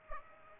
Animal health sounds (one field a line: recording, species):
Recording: mosquito wingbeat signal from an infrared sensor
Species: Aedes aegypti